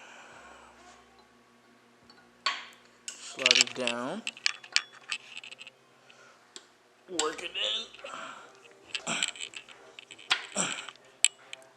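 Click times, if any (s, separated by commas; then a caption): 11.2 s. During a 12-valve Cummins diesel engine rebuild, a metal engine component is slid down and worked into place over its locating dowel pins on the engine block, producing a series of metallic clinks, scrapes and knocks while someone talks. A sharp click at 11.2 s marks the dowels seating, and the component is seated.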